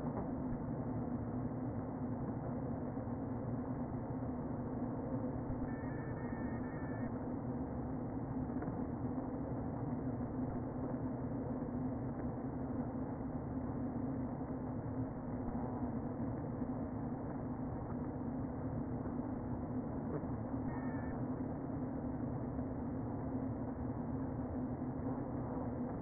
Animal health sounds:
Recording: honeybee colony, microphone inside the hive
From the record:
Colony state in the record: queen present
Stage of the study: before two queens were removed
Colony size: about 60,000 bees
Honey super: yes

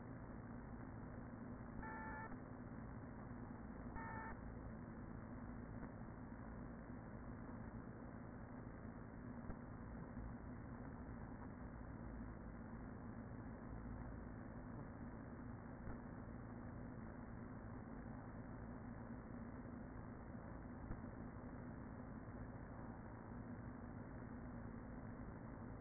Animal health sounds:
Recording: honeybee colony, microphone inside the hive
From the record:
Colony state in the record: queen present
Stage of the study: after two queens were removed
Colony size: about 40,000 bees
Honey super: no

